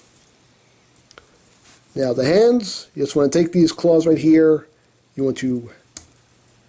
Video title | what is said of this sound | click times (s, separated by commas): Transformers Prime Beast Hunters Deluxe RIPCLAW | now you're going to take this whole top torso section you're going to Pivot it down and that'll lock in the place right there | 1.1 s, 1.2 s